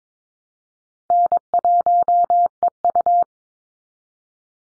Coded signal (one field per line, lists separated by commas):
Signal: Morse code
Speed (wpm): 22 wpm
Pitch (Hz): 700 Hz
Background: none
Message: N1EU